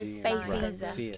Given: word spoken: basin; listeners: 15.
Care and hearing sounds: one English word in noise, from a listening test; four-talker babble; 0.7 dB; 0 of 15; 6 of 15; 0.78 s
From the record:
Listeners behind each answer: 6, 3, 2, 2, 1, 1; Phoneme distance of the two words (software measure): 24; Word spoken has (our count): 2 syllables, 4 phonemes, stress on syllable 1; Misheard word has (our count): 1 syllable, 4 phonemes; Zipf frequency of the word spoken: 3.48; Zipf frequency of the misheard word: 5.29

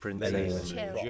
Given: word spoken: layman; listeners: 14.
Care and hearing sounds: one English word in noise, from a listening test; four-talker babble; -2.0 dB; 0 of 14; 6 of 14; 0.70 s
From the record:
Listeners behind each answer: 6, 3, 2, 1, 1, 1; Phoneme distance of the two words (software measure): 58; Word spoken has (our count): 2 syllables, 5 phonemes, stress on syllable 1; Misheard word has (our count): 2 syllables, 7 phonemes, stress on syllable 2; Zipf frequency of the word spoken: 2.70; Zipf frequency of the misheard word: 4.47

